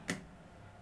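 A left plastic thumbstick cap is pulled upward off the magnetic/snap analog stick post of a PS5 DualSense Edge controller. It makes a single sharp tick at 0.1 s as it comes free, then quiet room tone follows. The cap is released from the stick.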